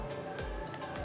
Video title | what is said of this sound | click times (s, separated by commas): Tutorial "Cradle Position" Menggunakan Levana Carrier | Sampai bunyi klik longgarkan | 0.7 s